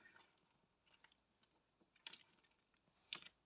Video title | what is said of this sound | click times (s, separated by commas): 🌟tuto crochet pas a pas 🌟la tête de l'éléphant 💓🐘#diyaction VIDEO 8 | voilà là c'est clipsé et c'est sécurisé on va pouvoir y mettre la wat parce | 3.1 s